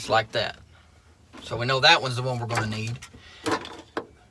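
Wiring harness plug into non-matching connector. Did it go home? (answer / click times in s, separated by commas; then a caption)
no / none. While installing an aftermarket radio in a truck, someone talks while trying a mismatched plastic wiring harness plug against a non-matching connector, with short contact and handling knocks near 3.5 and 4.0 seconds. The wrong plug fails to fit no matter how hard it is pushed, and nothing has seated or clicked yet.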